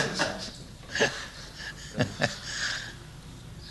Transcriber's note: laughs